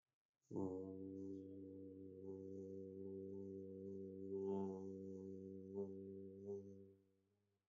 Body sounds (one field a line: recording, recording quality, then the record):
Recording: sustained vowel as in boot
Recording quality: excellent, no background noise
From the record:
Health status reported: healthy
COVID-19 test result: negative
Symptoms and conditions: cough, sore throat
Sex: male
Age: 27 years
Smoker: yes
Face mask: not worn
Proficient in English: yes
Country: India